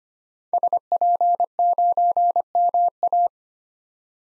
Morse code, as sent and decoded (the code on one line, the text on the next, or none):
... .--. ----. -- .-
SP9MA